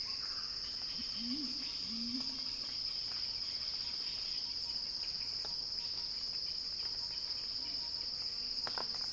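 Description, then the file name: Cicada song, a continuous shrill buzz at constant loudness, with two short low warbled calls early and a few faint clicks. Cicada recording titled Cicada Crescendo, by Axel Drioli for Earth.fm. "Axel-Drioli Cicada-Crescendo-Sounding-Wild"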